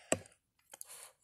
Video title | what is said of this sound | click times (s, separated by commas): Transformers Buzz Worthy Beast wars repaint terrosaur! | If you grab this and pull it up, hear that little click. | 0.1 s